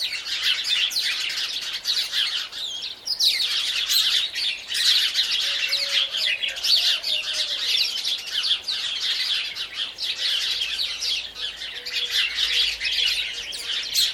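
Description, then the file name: House sparrow flock chirping nonstop, a busy tangle of sharp cheeps and chatter, steady throughout with brief quieter dips. "Passer domesticus"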